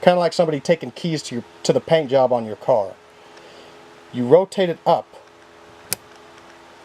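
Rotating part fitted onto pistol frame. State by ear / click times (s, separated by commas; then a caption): seated / 5.9 s. During reassembly of a 1911 pistol, a part is pushed down and rotated up against the steel frame while someone talks. A single sharp click at 5.9 s marks the rotating part seating into place on the frame.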